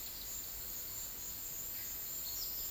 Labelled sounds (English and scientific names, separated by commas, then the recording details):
White-lored Euphonia (Euphonia chrysopasta)
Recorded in secondary vegetation near Puerto Asís, Putumayo, Colombia, on 20 February 2024 at 13:00
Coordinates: 0.481, -76.323
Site G6376